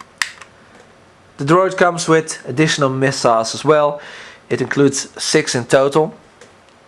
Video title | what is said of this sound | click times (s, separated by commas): Star Wars Clone Wars Vulture Droid Review | and they click into place | 0.2 s